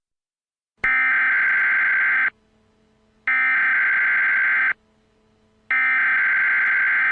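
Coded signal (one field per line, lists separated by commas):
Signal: Emergency Alert System (SAME) tones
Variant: header bursts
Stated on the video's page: Fictional mock EAS power outage alert from a zombie-outbreak series.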